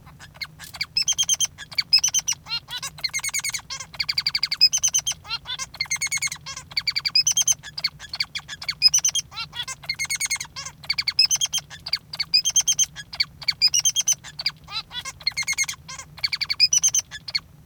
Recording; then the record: song of a male Bengalese finch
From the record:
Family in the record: father 3